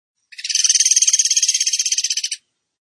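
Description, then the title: Bird trilling in a single buzzy burst of rapid, evenly pulsed notes lasting about two seconds, high-pitched and steady, with no other sounds. Masteran (training recording) in tembakan gacor style. "Masteran Burung Tembakan Gacor"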